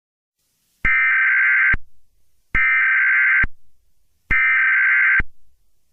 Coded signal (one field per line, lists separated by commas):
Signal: Emergency Alert System (SAME) tones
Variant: header bursts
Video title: eas scenario catemojibabyheat part 24 credits @USAAndGeorgia2K24